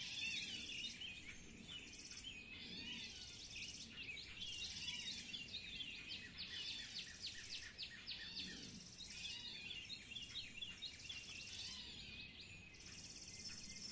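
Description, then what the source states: Bird chorus of many overlapping high chirps and trills running without pause, over a constant hiss and faint low rumble. In spring.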